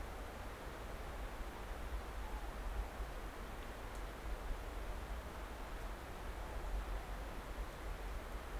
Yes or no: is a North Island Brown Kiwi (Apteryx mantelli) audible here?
no